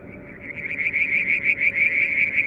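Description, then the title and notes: Frog giving a steady, fast-pulsed high trill that swells slightly in loudness and runs without a break through the whole stretch, over a faint low background rumble. Striped marsh frog, Verreaux's tree frog and an unidentified frog calling one evening near a water tank, Mount Wilson, New South Wales, Australia, July 2022. "Frog song, Mount Wilson, New South Wales, Australia in July 2022 – by Alexander Moffatt. Limnodynastes Peronii, Litoria Verreauxii and a mystery frog one evening near the water tank"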